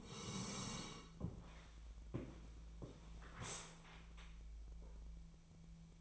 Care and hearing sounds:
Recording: daily activity, microphone in the room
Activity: sit down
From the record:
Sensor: 1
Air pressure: 1000.5 hPa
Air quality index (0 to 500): 174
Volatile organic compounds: 4 ppm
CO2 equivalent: 1616 ppm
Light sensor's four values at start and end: 14/33/14/16 and 14/34/14/16

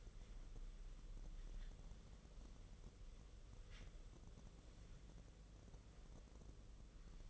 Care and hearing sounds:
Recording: daily activity, microphone in the room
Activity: wipe stove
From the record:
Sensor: 4

